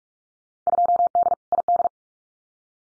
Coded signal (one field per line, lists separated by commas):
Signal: Morse code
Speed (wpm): 46 wpm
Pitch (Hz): 700 Hz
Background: none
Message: 2D ID